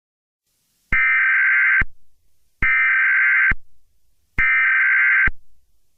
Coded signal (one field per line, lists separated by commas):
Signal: Emergency Alert System (SAME) tones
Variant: header bursts